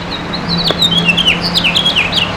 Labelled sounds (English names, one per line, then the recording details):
House Finch song
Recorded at Baldwin on Long Island, New York, on 28 May 2013
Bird J